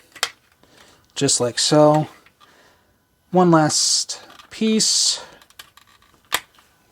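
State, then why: Seated. The last plastic panel of the trailer on a Transformers Legacy Evolution Armada Optimus Prime toy truck is folded down while someone talks, with a sharp click near 0.2 s and a few light plastic taps around 5.4–5.8 s. The panel snaps into place with a crisp click at 6.3 s, seating the final trailer piece.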